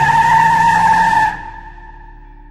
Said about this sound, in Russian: сел обратно в автомобиль и, взвизгнув покрышками, рванул в сторону Преображенки.